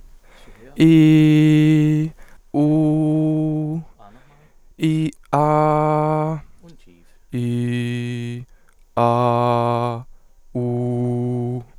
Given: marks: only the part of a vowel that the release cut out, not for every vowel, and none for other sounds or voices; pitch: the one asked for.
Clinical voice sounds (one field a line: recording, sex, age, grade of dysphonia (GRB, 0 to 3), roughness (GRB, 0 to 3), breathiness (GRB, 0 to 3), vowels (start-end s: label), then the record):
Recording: sustained vowels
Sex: male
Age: 20 to 29 years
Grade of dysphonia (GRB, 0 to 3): 0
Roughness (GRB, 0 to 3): 0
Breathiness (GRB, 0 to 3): 0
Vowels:
0.86-1.98 s: vowel /i/, high pitch
2.59-3.73 s: vowel /u/, high pitch
5.40-6.28 s: vowel /a/, high pitch
7.38-8.33 s: vowel /i/, low pitch
9.04-9.91 s: vowel /a/, low pitch
10.58-11.52 s: vowel /u/, low pitch
From the record:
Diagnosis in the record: healthy voice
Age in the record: 22 years